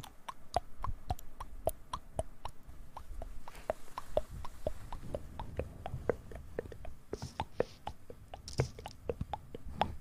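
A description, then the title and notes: Tingly mouth sounds: a steady run of sharp wet clicks and pops, about two or three per second, with soft smacking and chewing-like textures between them. A faint breathy whisper drifts in around the seventh to ninth seconds over a low murmur. ASMR Super tingly Mouth sounds.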